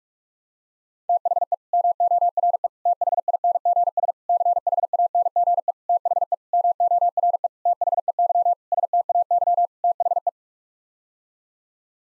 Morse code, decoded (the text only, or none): THE MORE THINGS CHANGE THE MORE THEY STAY THE